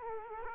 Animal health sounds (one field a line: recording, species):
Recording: mosquito wingbeat signal from an infrared sensor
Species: Culex quinquefasciatus